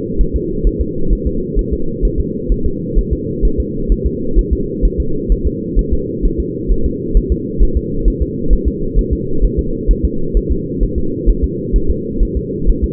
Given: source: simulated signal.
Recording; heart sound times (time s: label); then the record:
fetal heart sounds
0.21 s: S1
0.36 s: S2
0.67 s: S1
0.81 s: S2
1.13 s: S1
1.27 s: S2
1.59 s: S1
1.73 s: S2
2.05 s: S1
2.20 s: S2
2.52 s: S1
2.66 s: S2
2.98 s: S1
3.13 s: S2
3.45 s: S1
3.60 s: S2
3.92 s: S1
4.06 s: S2
4.39 s: S1
4.53 s: S2
4.85 s: S1
5.00 s: S2
5.32 s: S1
5.47 s: S2
5.79 s: S1
5.93 s: S2
6.25 s: S1
6.40 s: S2
6.72 s: S1
6.86 s: S2
7.17 s: S1
7.32 s: S2
7.63 s: S1
7.77 s: S2
8.08 s: S1
8.22 s: S2
8.53 s: S1
8.68 s: S2
8.99 s: S1
9.13 s: S2
9.44 s: S1
9.59 s: S2
9.91 s: S1
10.05 s: S2
10.37 s: S1
10.51 s: S2
10.83 s: S1
10.98 s: S2
11.30 s: S1
11.44 s: S2
11.76 s: S1
11.91 s: S2
12.23 s: S1
12.37 s: S2
12.70 s: S1
12.84 s: S2
From the record:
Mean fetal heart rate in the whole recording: 130 bpm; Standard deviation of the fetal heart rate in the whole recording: 2 bpm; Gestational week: 36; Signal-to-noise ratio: -8.1 dB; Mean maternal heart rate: 72 bpm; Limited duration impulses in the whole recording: absent